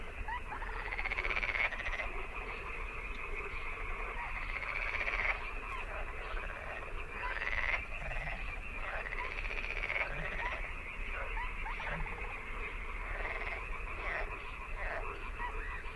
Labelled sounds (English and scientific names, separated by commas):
Little Crake (Porzana parva) call